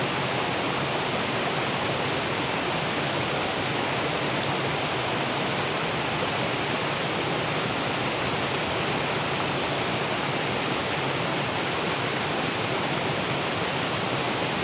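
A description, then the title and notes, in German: A small brook rushes steadily past, its water noise dense and unbroken across the whole stretch, full and bright with a soft low rumble underneath. The sound stays even throughout, with no distinct splashes or other sounds standing out. Ambisonics Binauraler Spaziergang entlang eines kleinen Baches. Entspannende Naturklänge.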